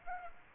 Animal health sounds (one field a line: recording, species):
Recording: mosquito wingbeat signal from an infrared sensor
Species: Aedes aegypti